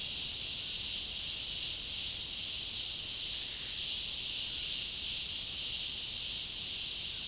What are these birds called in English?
none